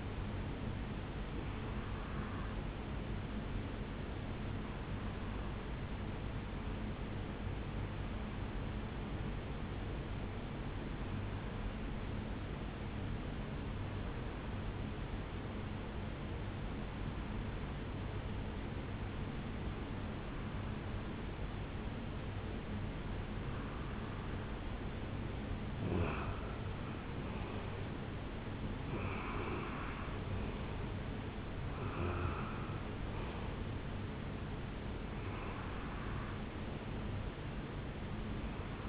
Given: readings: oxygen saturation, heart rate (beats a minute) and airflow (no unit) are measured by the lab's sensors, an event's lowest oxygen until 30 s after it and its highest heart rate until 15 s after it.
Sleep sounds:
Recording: breathing in sleep by a voice recorder at the bedside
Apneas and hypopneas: 1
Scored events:
4.00-27.40 s: hypopnea (N2, oxygen 95% highest, then 90% lowest, heart rate 70 at the start, 77 highest)
From the record:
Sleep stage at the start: N2 (light sleep)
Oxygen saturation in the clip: 89 to 95%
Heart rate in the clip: 61 to 77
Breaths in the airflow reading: 8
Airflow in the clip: -10.4 to 4.9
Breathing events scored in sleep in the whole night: 449 in 7.0 hours asleep

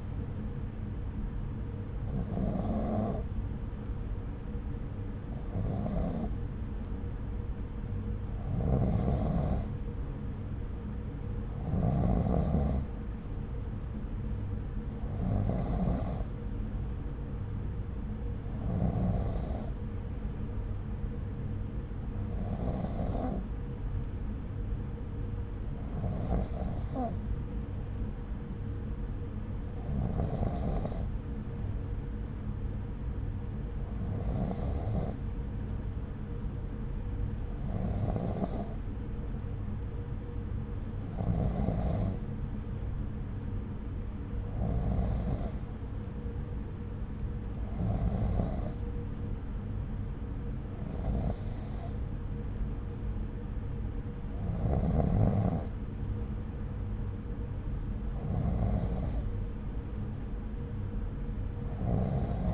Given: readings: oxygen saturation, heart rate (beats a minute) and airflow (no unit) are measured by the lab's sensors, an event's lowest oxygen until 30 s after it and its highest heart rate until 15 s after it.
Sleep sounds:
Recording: breathing in sleep by a smartphone at the bedside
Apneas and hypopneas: none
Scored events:
none scored
From the record:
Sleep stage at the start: N2 (light sleep)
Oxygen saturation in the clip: 92 to 93%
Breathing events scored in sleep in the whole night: 303 in 8.1 hours asleep

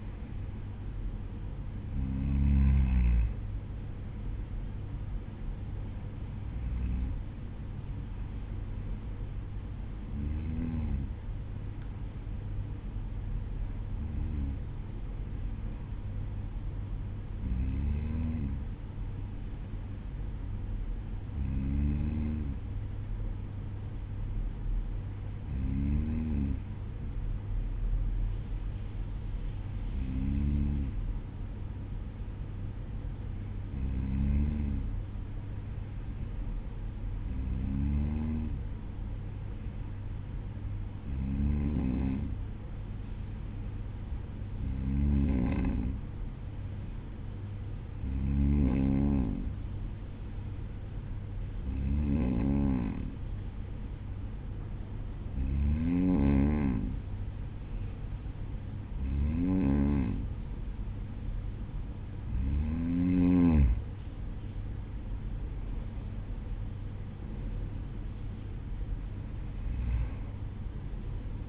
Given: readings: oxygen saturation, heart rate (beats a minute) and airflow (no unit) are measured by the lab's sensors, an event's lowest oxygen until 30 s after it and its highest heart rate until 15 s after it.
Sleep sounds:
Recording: breathing in sleep by a smartphone at the bedside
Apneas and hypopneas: none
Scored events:
none scored
From the record:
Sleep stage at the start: N2 (light sleep)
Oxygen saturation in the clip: 93 to 95%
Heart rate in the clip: 52 to 57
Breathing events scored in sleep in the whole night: 305 in 9.6 hours asleep

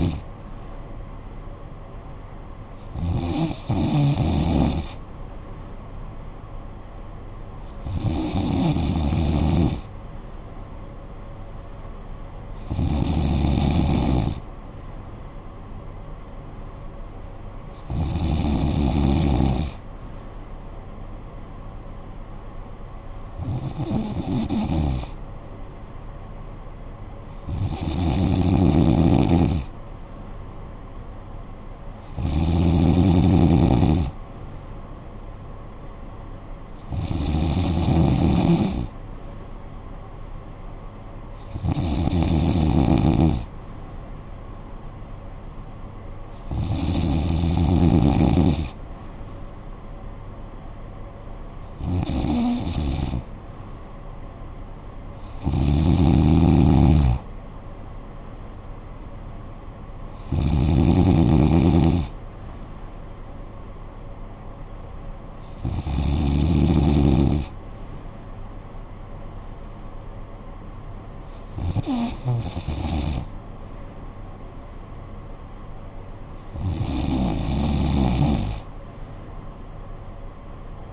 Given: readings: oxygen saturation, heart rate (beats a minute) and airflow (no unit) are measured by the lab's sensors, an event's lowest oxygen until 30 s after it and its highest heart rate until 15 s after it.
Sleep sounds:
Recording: breathing in sleep by a smartphone at the bedside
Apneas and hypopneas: none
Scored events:
none scored
From the record:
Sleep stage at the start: N3 (deep sleep)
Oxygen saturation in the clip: 94 to 95%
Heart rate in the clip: 47 to 67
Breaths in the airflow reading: 17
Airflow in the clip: -8.5 to 8.5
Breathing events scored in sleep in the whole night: 445 in 7.6 hours asleep

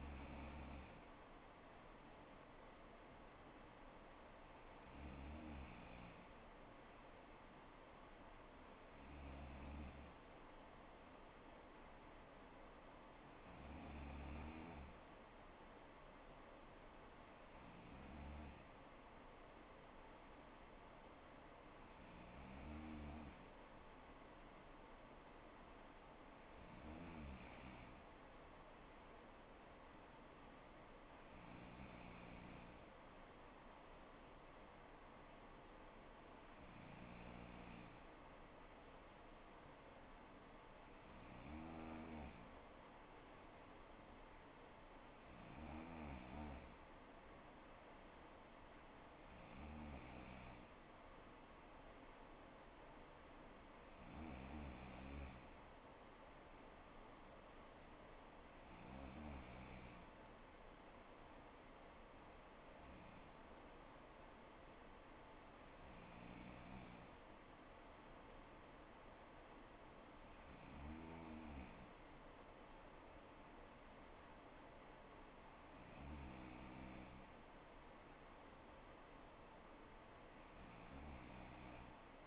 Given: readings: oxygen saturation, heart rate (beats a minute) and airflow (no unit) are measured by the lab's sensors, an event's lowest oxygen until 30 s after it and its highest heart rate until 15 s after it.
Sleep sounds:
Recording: breathing in sleep by a voice recorder at the bedside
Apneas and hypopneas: none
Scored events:
17.00-47.00 s: new sleep stage, N2 (light sleep)
47.00-82.26 s: new sleep stage, N3 (deep sleep)
From the record:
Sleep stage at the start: N3 (deep sleep)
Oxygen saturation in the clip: 94 to 95%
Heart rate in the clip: 60 to 65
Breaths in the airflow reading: 18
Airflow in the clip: -4.0 to 3.1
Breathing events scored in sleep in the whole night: 79 in 6.3 hours asleep

